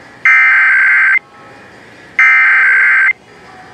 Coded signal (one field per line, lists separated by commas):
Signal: Emergency Alert System (SAME) tones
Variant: header bursts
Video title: Pennsylvania's RMT (EAS #4464-4470)